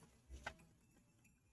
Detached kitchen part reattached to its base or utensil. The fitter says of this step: Even though this just gave me a hard time and never done this before, you heard it snap? It's back on.